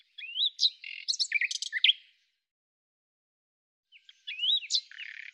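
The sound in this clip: Bird song with rising whistled slurs mixed with buzzy, chattering notes, in two phrases split by a short silence.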